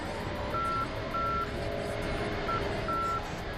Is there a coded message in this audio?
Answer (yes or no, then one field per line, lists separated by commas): no